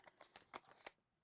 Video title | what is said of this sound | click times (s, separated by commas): Hands On: The Ultimate Vitamix Immersion Blender Review: Is It Worth the Hype? | and you hear that click | 0.9 s